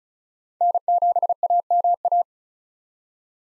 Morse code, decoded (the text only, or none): N7AMA